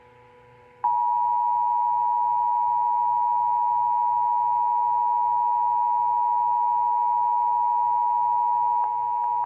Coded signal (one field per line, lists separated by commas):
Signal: Emergency Alert System (SAME) tones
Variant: 853 and 960 Hz attention tone